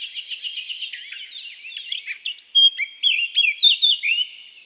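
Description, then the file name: Eurasian blackcap song, a quick run of rapid twittering notes that turns into loud, rich whistled flourishes toward the end. "Sylvia atricapilla"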